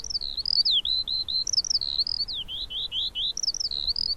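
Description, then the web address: Eurasian skylark singing a continuous run of high slurred whistles, rising and falling notes linked in a fluid, rolling chain. "Deverinetal"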